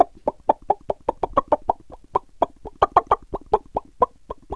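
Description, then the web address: Chicken clucking: a rapid run of many short, hollow clucks, with no other sounds. "AKAI S 6000 CD-ROM - Volume 1 SOUND EFFECT ANIMALS CHICKEN"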